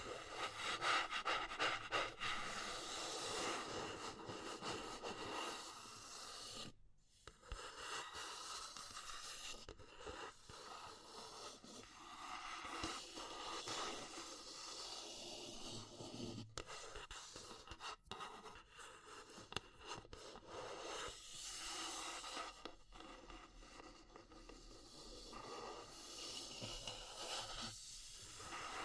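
Wood, bamboo and straw being handled, giving a dense, continuous run of dry scratching and rustling with bright, crackly texture. The activity stays busy throughout, broken by short silences near 7, 10 and 16 seconds, with brief taps and scrapes scattered across the clip.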